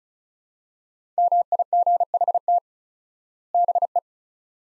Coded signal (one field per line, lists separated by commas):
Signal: Morse code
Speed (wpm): 36 wpm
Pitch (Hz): 700 Hz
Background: none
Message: MIGHT BE